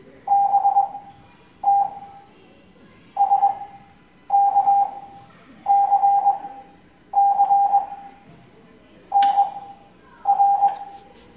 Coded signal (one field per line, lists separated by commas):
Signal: Morse code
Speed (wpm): 21 wpm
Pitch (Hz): 800 Hz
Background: none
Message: BTSKCCNR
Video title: Morse Code Class 06